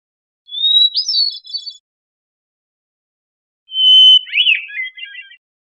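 Hermit thrush song: two phrases, each opening with a clear steady whistled note and breaking into a quick, fluty, tumbling flourish, with silence between them.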